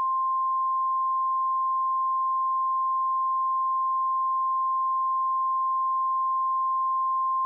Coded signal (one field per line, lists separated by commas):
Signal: Emergency Alert System (SAME) tones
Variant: 1050 Hz attention tone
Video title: EAS ???